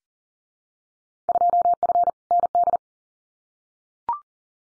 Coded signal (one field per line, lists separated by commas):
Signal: Morse code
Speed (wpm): 40 wpm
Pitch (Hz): 700 Hz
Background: none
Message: 2F ND